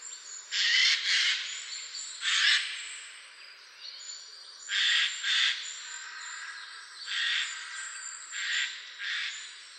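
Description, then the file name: Eurasian jay giving several harsh, rasping screeches, some in doubled bursts, with faint high sounds behind. "Garrulus glandarius"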